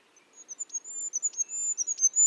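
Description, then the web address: Bird calls: a run of high, piercing whistled notes, some steady and some dipping, punctuated by quick sharp chips, with a quieter lower whistle beneath. "cianscape. Deverinetal 2025. Bird Only"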